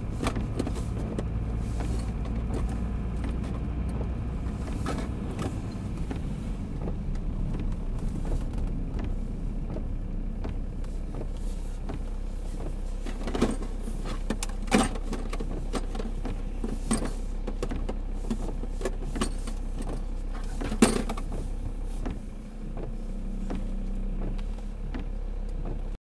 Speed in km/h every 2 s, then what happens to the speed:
30, 31, 33, 34, 31, 15, 8, 0, 0, 0, 0, 0, 0.
0-8 steady at about 31. 8-14 brakes to 0. 14-26 standing.